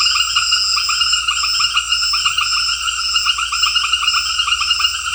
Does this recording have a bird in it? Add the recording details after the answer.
no. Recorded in secondary vegetation near Puerto Asís, Putumayo, Colombia, on 4 March 2025 at 18:30. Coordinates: 0.498, -76.327. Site G001